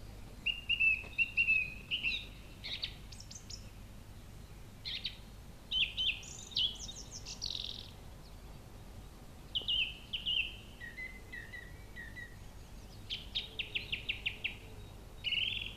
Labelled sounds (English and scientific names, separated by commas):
Song Thrush (Turdus philomelos) song